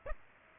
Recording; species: mosquito wingbeat signal from an infrared sensor; Aedes aegypti